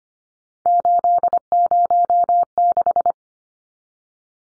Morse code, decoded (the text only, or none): 806